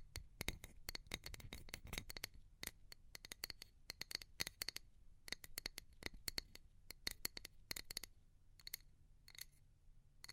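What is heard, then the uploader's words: Sharp, dry taps come in uneven bursts, some in quick clusters and others spaced out more slowly, with a clicky, slightly glassy ring. A low, soft rumble sits underneath throughout, and the tapping thins out toward the end. ASMR Pure Tapping Fast and Slow (No Talking).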